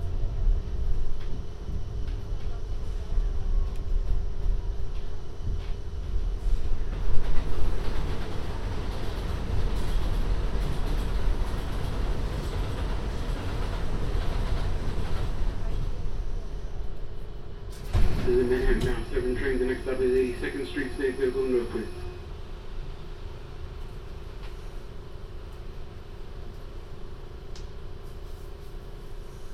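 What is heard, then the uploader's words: A steady low rumble of a subway ride fills the recording, with a strong hum and rattling that swells around seven seconds. From about eighteen to twenty-two seconds a shrill, bright squeal cuts in, likely braking wheels, then the rumble settles quieter and voices murmur. A binaural field recording, from the Queens Museum to my apartment in Harlem via the MTA.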